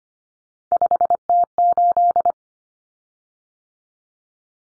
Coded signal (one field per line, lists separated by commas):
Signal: Morse code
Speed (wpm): 25 wpm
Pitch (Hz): 700 Hz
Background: none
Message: 5T8